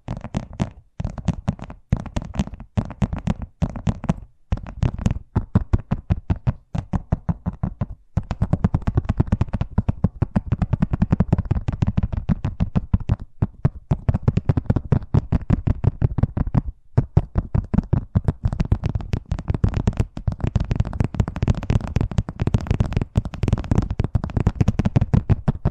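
Fast tapping in quick, dense bursts of sharp knocks, sparser with brief pauses early on, then nearly continuous and rapid after eight seconds.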